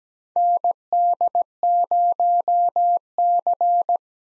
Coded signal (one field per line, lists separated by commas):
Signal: Morse code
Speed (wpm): 17 wpm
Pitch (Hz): 700 Hz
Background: none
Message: ND0C